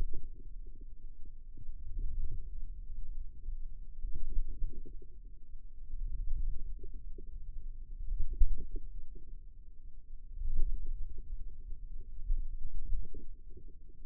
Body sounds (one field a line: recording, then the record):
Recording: forearm muscle sounds (acoustic myography)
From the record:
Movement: wrist extension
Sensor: system 2, bracelet of six BSWA MPA416 microphones around the upper forearm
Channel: 3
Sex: female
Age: 22 years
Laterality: right